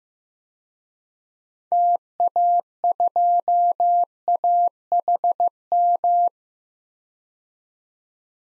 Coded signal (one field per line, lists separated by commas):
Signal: Morse code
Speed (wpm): 15 wpm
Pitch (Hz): 700 Hz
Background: none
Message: TA2AHM